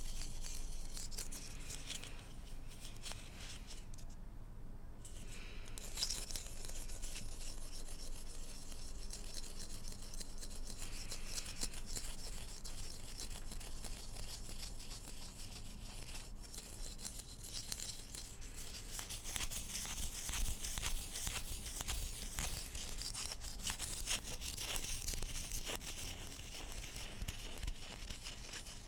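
Salt shakers rattle and scrape in dense, irregular bursts of gritty, bright clicks and rustles that run for the whole stretch. A brief quieter lull comes near the five-second mark. The shaking grows busier and sharper after twenty seconds, with a low rumble underneath throughout.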